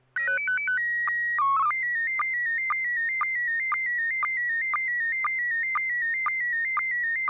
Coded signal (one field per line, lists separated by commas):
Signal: SSTV (slow-scan television)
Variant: PD 120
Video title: N6NA SSTV Net - 01/08/2025